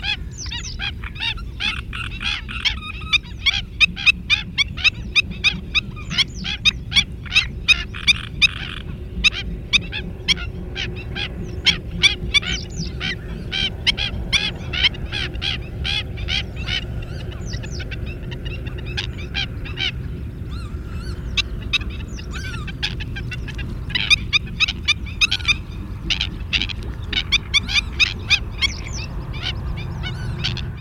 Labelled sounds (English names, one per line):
Black-winged Stilt call